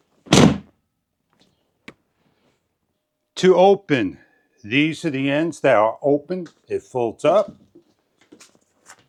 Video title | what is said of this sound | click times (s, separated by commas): tozott 40inches Foldable Mini Trampoline-Silver | and you're going to turn it upside down and put force on both ends till they snap into place. | 0.3 s, 1.9 s